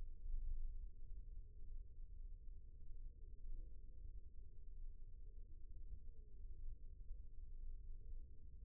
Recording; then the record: forearm muscle sounds (acoustic myography)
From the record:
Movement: rest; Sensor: system 1, eight BSWA MPA416 microphones around the upper forearm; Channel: 7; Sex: male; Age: 20 years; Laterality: left